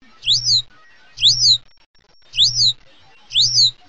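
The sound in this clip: Hutton's vireo calls: four clear, high, sweeping notes, each rising and falling together, repeated about once a second, with a low hum under each note.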